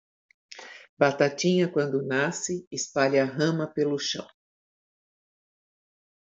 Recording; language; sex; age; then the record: short text; Brazilian Portuguese; female; 60 to 69 years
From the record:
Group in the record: control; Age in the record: 65 years